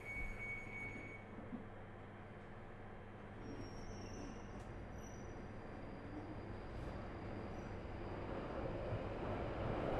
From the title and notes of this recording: I recorded the sound of an empty Underground train and it made me feel a bit weird and spooky. I made sure I travelled late, about 10pm. My carriage was entirely empty for the entire journey from East Finchley to Bank. I decided to bring along a handheld recording device and sit there recording the noise.